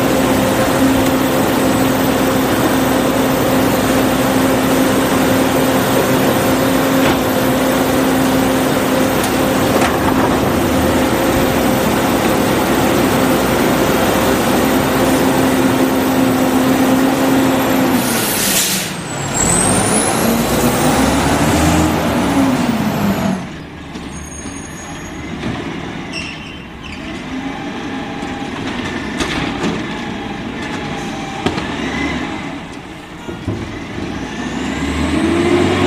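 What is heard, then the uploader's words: A garbage truck's engine drones loudly and steadily for about eighteen seconds with a low hum and a high whine. Around 18 to 23 seconds the pitch dips and swoops as the machinery shifts, then it cuts to a quieter, rumbling idle with scattered clanks. Garbage Trucks.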